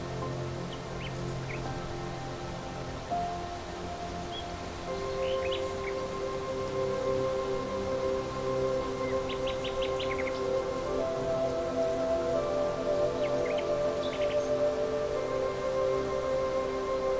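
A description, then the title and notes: Soft, steady music with sustained tones carries throughout while brief bird chirps and trills pop up every few seconds over a gentle hiss. Meadow Serenade With Relaxing Music, Rustling Leaves & Nature Sounds.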